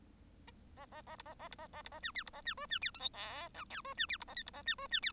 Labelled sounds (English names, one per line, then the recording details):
Bengalese Finch song
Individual Bird1